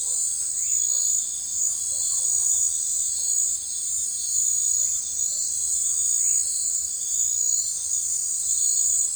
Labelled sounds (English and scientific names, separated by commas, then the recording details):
none
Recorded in forest near Pivijay, Magdalena, Colombia, on 14 April 2023 at 20:00
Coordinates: 10.467, -74.380
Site Z5-G034